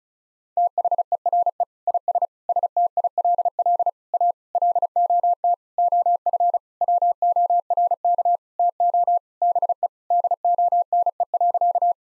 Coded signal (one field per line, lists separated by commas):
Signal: Morse code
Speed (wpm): 36 wpm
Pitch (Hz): 700 Hz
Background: none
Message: THERE IS STILL A LOT OF WORK TO BE DONE.